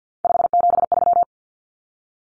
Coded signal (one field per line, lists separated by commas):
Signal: Morse code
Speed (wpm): 50 wpm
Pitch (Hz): 700 Hz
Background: none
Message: 573